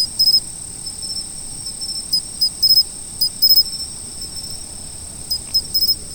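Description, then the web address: Insect chirps, bright pulsed bursts in irregular groups above an unbroken high trill, over soft low background noise. Autumn insects. "sound nature 01 autumn insects"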